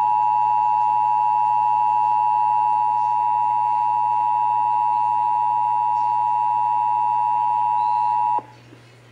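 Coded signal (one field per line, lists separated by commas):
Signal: Emergency Alert System (SAME) tones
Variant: 853 and 960 Hz attention tone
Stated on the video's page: SAME tones for Severe Thunderstorm Warnings, received from WBAP-AM and weather radio KEC55.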